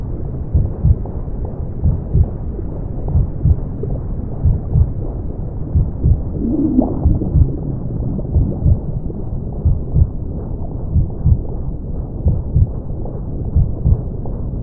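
A steady low, muffled rumble like brown noise, with soft thudding heartbeats pulsing regularly about once a second throughout, dull.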